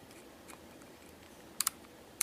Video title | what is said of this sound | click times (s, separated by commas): 초롱방송-초롱이아빠의 에어소프트건 이야기87(Trigger Happy Full steel COLT70)_0310 | 키에 딸깍 하고 들어갔지 예 좋네요 | 2.2 s